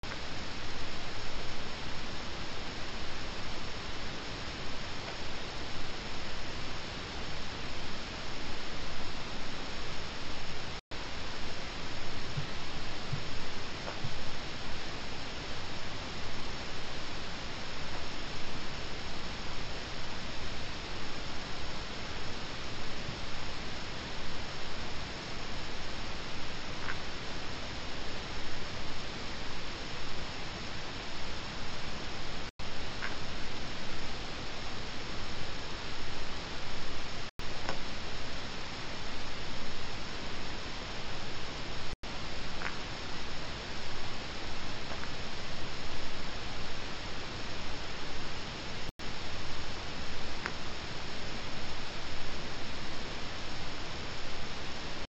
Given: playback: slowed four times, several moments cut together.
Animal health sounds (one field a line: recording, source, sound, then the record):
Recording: accelerometer signal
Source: Varroa mite jolting pulses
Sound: clapping, in some instances of 28 pulses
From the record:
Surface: empty, fully built honeycomb